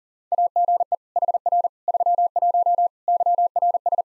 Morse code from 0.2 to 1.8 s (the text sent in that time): AGE HR